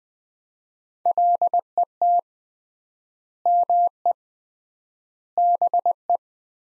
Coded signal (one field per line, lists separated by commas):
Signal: Morse code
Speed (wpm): 20 wpm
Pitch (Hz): 700 Hz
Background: none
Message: LET ME BE